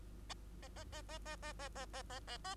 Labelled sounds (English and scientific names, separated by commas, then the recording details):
Bengalese Finch (Lonchura striata domestica) song
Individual Bird2